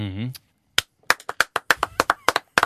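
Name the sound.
applause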